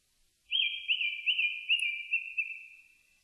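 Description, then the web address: Japanese thrush song: a flowing phrase of several rolling, wavy whistled notes that gradually weaken and fade. Recorded 4 May 2001. "2001 010504 kurotugumi"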